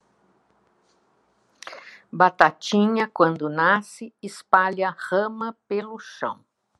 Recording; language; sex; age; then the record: short text; Brazilian Portuguese; female; 70 to 79 years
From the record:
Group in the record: control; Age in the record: 70 years